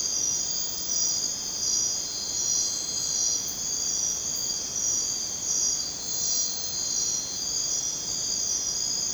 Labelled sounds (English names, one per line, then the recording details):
none
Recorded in dense forest near Puerto Asís, Putumayo, Colombia, on 22 June 2025 at 00:30
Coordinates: 0.484, -76.317
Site G045